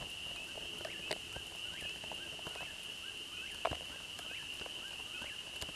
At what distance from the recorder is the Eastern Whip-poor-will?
about 50 m